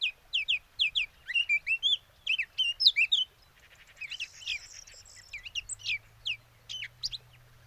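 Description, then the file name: Eurasian blackcap song opening with a row of sharp, evenly spaced high notes, then richer slurred warbling phrases, followed by scattered chirps over a faint low hum. "Sylvia atricapilla"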